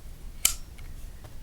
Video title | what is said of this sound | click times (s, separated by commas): AR-15 - BOBRO Engineering ACOG Mount Installation | snap in place lever is locked and this is Rock Solid this is not going anywhere | 0.5 s